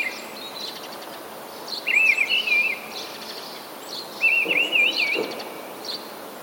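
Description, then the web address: Mistle thrush song, two short warbled phrases of fluty wavering notes about two seconds apart, over steady background hiss and faint other bird chirps. "wroblowe kolekcja paszkot"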